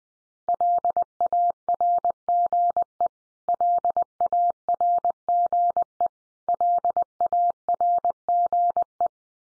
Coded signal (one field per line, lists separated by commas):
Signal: Morse code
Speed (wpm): 20 wpm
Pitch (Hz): 700 Hz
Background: none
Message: LARGE LARGE LARGE